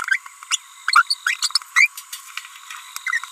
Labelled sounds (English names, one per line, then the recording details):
Green-rumped Parrotlet babbling
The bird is a female
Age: 30 days
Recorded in a nest box in Venezuela
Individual 17B42B3